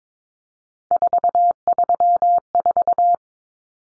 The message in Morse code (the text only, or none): 434